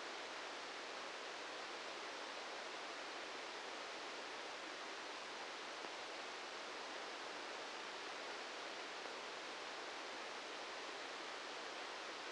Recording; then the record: brain microelectrode recording played as sound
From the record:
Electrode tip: outside the subthalamic nucleus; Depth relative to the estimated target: -4 mm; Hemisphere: left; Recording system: NeuroSet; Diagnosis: Parkinson's disease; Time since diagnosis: 7 years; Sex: male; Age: 44 years